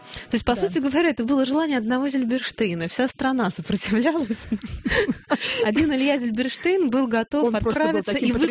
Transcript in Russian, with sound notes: То есть, по сути, это было желание одного Зильберштейна. Вся стана сопротивлялась. (Смеются) Один Илья Зильберштейн был готов отправиться и выкупить.